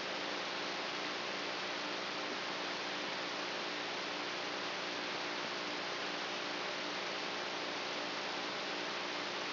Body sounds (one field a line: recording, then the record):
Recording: brain microelectrode recording played as sound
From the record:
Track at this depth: inside the subthalamic nucleus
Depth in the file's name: 2.804 mm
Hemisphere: right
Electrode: 3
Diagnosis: Parkinson's disease